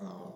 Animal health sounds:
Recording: pig call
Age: piglet (1 to 25 days)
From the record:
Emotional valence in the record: negative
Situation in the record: long isolation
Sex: male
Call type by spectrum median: low-frequency call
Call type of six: low-frequency modulated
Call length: 0.36 s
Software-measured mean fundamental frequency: 48 Hz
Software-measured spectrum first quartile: 195 Hz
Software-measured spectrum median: 360 Hz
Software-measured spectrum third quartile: 717 Hz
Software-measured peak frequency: 191 Hz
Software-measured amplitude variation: 127 dB a second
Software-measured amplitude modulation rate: 22.1 a second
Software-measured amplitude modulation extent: 5.7 dB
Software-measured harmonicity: 3.7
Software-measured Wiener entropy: -0.10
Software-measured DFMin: 1359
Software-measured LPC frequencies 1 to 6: 420, 1012, 3407, 5122, 6364, 9864 Hz

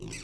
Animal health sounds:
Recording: pig call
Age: weaner (32 to 43 days)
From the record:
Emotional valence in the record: negative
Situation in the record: short isolation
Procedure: open field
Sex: female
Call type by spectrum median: low-frequency call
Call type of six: mixed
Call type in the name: high-frequency modulated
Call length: 0.23 s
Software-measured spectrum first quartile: 211 Hz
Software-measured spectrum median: 1659 Hz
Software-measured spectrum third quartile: 4793 Hz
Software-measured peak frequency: 356 Hz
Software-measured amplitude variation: 68 dB a second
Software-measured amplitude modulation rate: 25.8 a second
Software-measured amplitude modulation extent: 2.6 dB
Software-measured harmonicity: 3.3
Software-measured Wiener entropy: -3.01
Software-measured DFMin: 766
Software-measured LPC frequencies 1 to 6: 2095, 2612, 3558, 4603, 5686, 6018 Hz

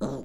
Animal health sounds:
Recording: pig call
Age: piglet (1 to 25 days)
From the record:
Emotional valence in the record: negative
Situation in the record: long isolation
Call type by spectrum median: low-frequency call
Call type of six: low-frequency stable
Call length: 0.25 s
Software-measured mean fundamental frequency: 63 Hz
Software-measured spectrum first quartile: 208 Hz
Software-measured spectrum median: 360 Hz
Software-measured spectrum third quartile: 651 Hz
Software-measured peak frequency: 218 Hz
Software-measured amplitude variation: 96 dB a second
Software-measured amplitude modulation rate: 13.9 a second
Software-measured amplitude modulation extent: 7.0 dB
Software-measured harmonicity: -1.1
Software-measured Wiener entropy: -0.32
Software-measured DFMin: 1734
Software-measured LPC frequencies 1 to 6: 474, 1232, 4067, 6376, 7348, 10340 Hz

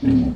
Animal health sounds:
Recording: pig call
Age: growing-finishing pig (85 days or more)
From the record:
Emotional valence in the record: positive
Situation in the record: enriched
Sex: female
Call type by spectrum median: low-frequency call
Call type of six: low-frequency stable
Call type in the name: low-frequency stable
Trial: 2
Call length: 0.35 s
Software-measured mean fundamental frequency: 43 Hz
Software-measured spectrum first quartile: 180 Hz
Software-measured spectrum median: 244 Hz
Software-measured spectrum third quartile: 282 Hz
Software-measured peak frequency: 256 Hz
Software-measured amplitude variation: 127 dB a second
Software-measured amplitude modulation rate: 21.3 a second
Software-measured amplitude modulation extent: 6.0 dB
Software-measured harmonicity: 5.0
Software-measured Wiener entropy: -1.27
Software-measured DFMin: 816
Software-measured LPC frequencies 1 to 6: 266, 1807, 2556, 3274, 4424, 5279 Hz

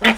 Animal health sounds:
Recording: pig call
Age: piglet (1 to 25 days)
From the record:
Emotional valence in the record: negative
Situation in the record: crushing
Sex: female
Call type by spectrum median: low-frequency call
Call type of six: low-frequency tonal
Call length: 0.18 s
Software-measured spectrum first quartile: 473 Hz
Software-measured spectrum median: 1472 Hz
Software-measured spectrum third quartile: 2367 Hz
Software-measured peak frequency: 1965 Hz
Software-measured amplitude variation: 196 dB a second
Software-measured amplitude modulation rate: 8.5 a second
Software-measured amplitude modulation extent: 23.0 dB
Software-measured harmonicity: 2.5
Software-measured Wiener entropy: -1.12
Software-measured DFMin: 576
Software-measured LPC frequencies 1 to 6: 1940, 3069, 3528, 4663, 5484, 6363 Hz

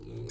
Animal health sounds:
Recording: pig call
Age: weaner (32 to 43 days)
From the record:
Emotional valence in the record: negative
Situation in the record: novel object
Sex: female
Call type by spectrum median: low-frequency call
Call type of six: mixed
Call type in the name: high-frequency modulated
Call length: 0.32 s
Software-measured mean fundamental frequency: 69 Hz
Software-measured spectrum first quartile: 199 Hz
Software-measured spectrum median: 542 Hz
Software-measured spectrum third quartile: 5767 Hz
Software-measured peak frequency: 357 Hz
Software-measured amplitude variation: 84 dB a second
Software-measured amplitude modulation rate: 34.8 a second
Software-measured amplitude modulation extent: 2.4 dB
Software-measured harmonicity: -2.2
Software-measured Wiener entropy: -5.25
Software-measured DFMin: 1033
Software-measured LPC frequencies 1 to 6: 370, 1686, 2285, 3902, 5006, 5820 Hz

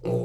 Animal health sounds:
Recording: pig call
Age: weaner (32 to 43 days)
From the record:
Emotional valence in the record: negative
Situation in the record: short isolation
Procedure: open field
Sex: female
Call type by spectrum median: low-frequency call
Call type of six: low-frequency stable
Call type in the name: low-frequency stable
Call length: 0.25 s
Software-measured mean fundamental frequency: 57 Hz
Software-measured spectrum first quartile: 150 Hz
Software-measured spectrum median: 335 Hz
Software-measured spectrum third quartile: 485 Hz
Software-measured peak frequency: 485 Hz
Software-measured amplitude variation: 113 dB a second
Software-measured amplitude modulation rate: 18.0 a second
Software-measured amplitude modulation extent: 6.2 dB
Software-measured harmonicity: 1.7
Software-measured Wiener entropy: -0.59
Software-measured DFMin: 1476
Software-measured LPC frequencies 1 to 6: 467, 2718, 3860, 6014, 7802, 9093 Hz

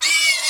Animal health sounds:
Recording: pig call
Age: weaner (32 to 43 days)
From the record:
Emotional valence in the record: negative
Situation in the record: restrain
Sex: male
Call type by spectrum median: high-frequency call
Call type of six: high-frequency stable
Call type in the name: high-frequency stable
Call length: 0.50 s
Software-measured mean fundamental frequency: 564 Hz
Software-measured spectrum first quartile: 2438 Hz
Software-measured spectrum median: 3832 Hz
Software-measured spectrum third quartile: 6018 Hz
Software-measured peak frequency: 2297 Hz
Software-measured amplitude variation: 98 dB a second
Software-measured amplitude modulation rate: 16.0 a second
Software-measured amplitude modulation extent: 6.1 dB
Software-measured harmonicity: 3.9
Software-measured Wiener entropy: -2.07

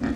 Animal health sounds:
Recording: pig call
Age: growing-finishing pig (85 days or more)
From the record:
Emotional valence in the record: negative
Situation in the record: barren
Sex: female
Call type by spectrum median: low-frequency call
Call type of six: low-frequency tonal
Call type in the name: low-frequency stable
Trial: 1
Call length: 0.16 s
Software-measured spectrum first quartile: 225 Hz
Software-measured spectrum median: 315 Hz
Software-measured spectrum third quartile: 863 Hz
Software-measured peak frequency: 253 Hz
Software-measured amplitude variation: 149 dB a second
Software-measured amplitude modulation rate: 16.0 a second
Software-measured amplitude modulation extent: 9.4 dB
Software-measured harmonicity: 2.7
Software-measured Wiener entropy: -1.40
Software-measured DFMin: 696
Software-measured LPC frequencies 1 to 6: 282, 1269, 1776, 2403, 3438, 4308 Hz

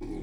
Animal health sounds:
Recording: pig call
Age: weaner (32 to 43 days)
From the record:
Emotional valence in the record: positive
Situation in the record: positive conditioning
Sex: female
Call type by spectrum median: low-frequency call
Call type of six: low-frequency stable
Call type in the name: low-frequency stable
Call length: 0.22 s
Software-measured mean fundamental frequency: 34 Hz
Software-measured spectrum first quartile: 68 Hz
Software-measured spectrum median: 249 Hz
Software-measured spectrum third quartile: 368 Hz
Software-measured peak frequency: 312 Hz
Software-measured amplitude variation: 112 dB a second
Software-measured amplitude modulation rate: 33.8 a second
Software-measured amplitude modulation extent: 3.3 dB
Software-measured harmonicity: 2.7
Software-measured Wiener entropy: -0.09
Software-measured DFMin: 1030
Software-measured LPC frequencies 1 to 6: 336, 823, 2217, 3470, 4166, 4795 Hz

